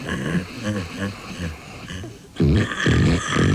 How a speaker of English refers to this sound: The section we're listening to at the moment is regular snoring with nothing remarkable about it, except that it's very loud. You just want to listen to this for a few breaths.